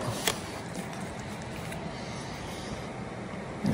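A plastic battery compartment door on a wireless microphone body, with its cap unscrewed, is released and pops up with a single sharp click at 0.3 s. Low, steady background noise follows, and a brief rustle comes near the end.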